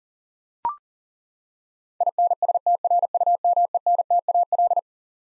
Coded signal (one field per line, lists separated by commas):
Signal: Morse code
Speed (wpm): 40 wpm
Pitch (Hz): 700 Hz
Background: none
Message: INSTRUMENTAL